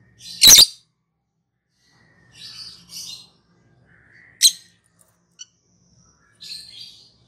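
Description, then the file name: Lovebird giving scattered sharp, squeaky chirps and short scratchy notes with irregular pauses between, over a faint low hum. Lovebird calling in the style called ngekek in Indonesian. "suara burung lovebird ngekek"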